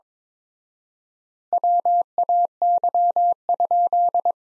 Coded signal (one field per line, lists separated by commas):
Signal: Morse code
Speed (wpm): 22 wpm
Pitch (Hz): 700 Hz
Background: none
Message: WAY?